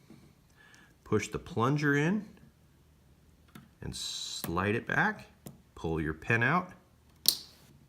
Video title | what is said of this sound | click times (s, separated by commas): Glock Tips: 3 Quick No-Tool Upgrades! | clicks into place there we go we've changed the back plate give it a nice little custom look so | 7.3 s